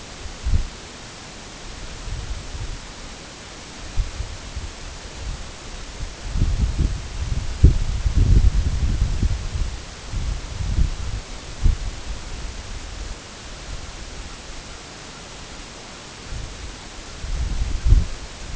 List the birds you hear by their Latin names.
Branta canadensis